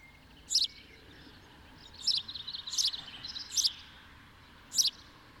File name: Passer domesticus